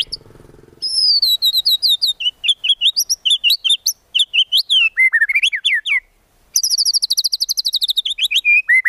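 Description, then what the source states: White-rumped shama singing varied, fast whistled notes and high rapid trills, broken by a short pause, after a brief low rattle at the start. Song used as a lure for trapping birds.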